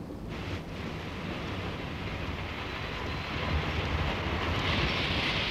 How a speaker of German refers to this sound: Mach schnell, der Zug fährt gleich wieder ab.